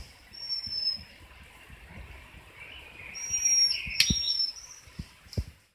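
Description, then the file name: Japanese waxwing giving two high, thin trilled calls, one early and a longer one later, alongside sharp clicks. "hirenzyaku"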